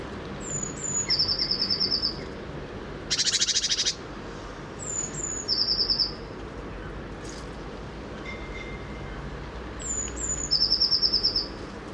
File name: Cyanistes caeruleus